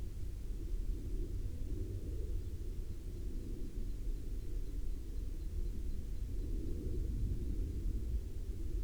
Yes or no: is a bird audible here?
yes